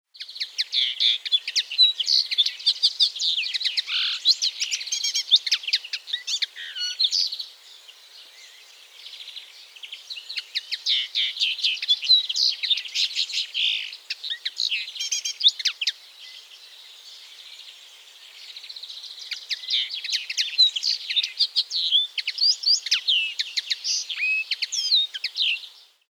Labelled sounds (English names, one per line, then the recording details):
Common Linnet
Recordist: Tretzel, Erwin
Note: Gesang